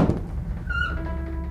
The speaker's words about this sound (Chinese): 吱呀声响，清冷的声音在两人身后响起。沉寂了数日的书房被人从里头打开，两人愣愣地回转头去